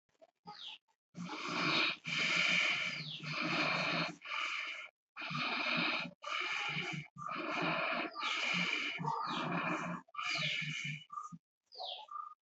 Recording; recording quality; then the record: shallow breathing; excellent, no background noise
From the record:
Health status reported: healthy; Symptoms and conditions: none ticked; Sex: male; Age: 36 years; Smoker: not ticked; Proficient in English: yes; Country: India